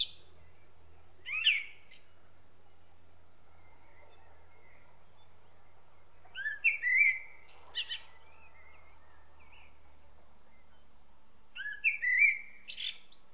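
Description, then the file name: Common blackbird singing three widely spaced phrases, each a short whistled warble with a scratchy high ending, over a faint low rumble. "Turdus merula"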